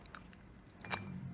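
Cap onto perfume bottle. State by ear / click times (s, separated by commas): seated / 0.8 s, 0.9 s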